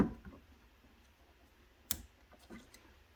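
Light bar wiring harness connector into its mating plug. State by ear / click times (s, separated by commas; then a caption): seated / 1.9 s. A plastic wiring connector on an LED light bar harness for a Honda FourTrax 300 ATV is pushed into its mating plug until it snaps home. A sharp click at 1.9 s marks the connector seating, followed by a few fainter ticks.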